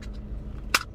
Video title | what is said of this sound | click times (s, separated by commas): รีวิว #ที่วางมือถือในรถยนต์ รุ่นช่อง CD | ใส่เข้าไปครับแล้วดันขึ้นจนดังแก๊กก็อ่า | 0.7 s